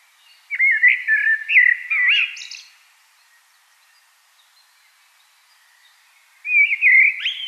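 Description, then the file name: Common blackbird singing a rich fluted phrase ending in a high scratchy flourish, then silence before another phrase begins near the end. "Turdus merula"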